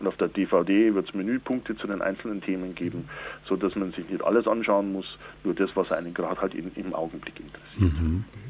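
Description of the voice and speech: Adult male speaker, a self-described fluent speaker, talking in German with fluent speech.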